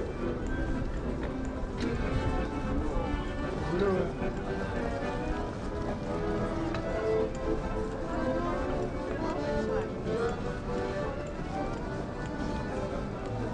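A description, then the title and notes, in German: A busy Christmas market crowd murmurs steadily, dense overlapping voices with footsteps and scattered clatter, continuous throughout without pause. In dieser Folge habe ich mich in den Weihnachtstrubel der Kölner Innenstadt begeben, um für euch Impressionen zu sammeln. Vom Wallraf-Platz über die Hohe Straße zum Weihnachtsmarkt "Am Alter Markt" und über die Schildergasse. Klingt die Kölner City im Dezember, 3 Wochen vor Weihnachten.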